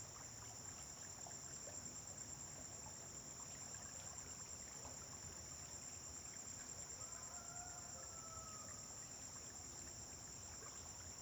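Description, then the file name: Cricket chorus sustains an unbroken high, even buzz, while a faint whistled note briefly sounds midway and low traffic-like rumble runs underneath. Recorded at dawn on a farm, with vehicles passing on a distant road. "Amanhecer na fazenda com grilos veiculos passando em estrada longe"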